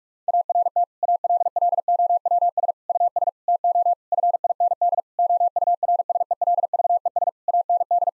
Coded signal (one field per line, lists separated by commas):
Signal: Morse code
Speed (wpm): 41 wpm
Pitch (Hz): 700 Hz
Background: none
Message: ART ALLOWS US TO FIND OURSELVES AND